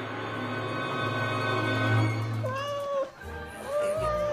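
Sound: cat meowing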